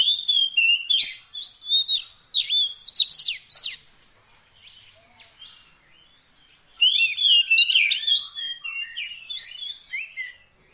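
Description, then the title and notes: Oriental magpie-robin song: a burst of varied whistles and chatter, a quiet spell with soft notes, then another lively burst. Fill-in (isian) song of a kacer, used to make the bird sing persistently day and night. "Kacer Jadi Gacor Siang Malam. Isian Kacer Durasi Panjang"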